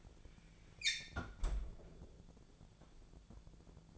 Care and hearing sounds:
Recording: daily activity, microphone in the room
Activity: close fridge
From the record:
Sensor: 5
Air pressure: 1000.2 hPa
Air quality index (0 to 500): 103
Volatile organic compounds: 1 ppm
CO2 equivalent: 832 ppm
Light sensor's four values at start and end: 241/571/244/268 and 237/563/240/263

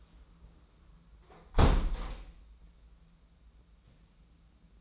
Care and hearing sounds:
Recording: daily activity, microphone in the room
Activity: close window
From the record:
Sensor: 1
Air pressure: 994.3 hPa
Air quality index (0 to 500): 214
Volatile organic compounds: 1000 ppm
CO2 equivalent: 7692 ppm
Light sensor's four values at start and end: 73/160/72/76 and 74/162/73/77

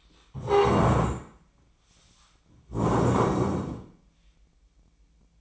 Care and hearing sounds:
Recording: daily activity, microphone in the room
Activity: stand up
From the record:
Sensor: 1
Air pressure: 1012.3 hPa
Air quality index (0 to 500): 172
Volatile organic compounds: 3 ppm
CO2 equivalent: 1416 ppm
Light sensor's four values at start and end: 44/119/49/59 and 43/117/48/58

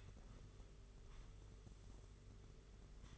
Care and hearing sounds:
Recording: daily activity, microphone in the room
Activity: sweep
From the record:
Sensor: 4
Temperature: 27.1 degrees Celsius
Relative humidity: 38.3%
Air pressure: 992.2 hPa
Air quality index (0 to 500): 110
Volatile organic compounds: 18 ppm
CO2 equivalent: 2631 ppm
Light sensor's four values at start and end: 23/79/29/31 and 23/79/29/31

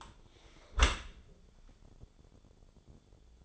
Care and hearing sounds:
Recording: daily activity, microphone in the room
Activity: close dishwasher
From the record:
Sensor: 5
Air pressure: 1015.1 hPa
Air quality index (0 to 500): 118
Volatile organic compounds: 2 ppm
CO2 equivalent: 1264 ppm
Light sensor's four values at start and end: 34/79/32/32 and 35/80/32/32

